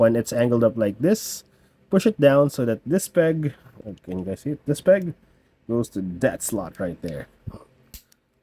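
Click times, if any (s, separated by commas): 7.9 s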